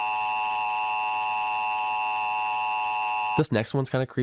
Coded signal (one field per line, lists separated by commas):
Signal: Emergency Alert System (SAME) tones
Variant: 853 and 960 Hz attention tone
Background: speech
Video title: Brit Reacts to America's Emergency Alert Systems (EAS) are Scary...